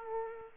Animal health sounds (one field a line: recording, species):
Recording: mosquito wingbeat signal from an infrared sensor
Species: Aedes aegypti